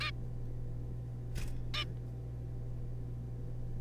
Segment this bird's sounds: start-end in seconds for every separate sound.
0.01-0.11, 1.74-1.85